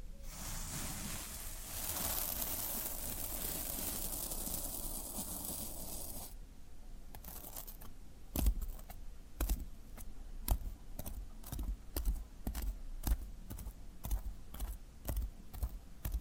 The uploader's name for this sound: Satisfying Tingle Stimulating Floral Foam Sounds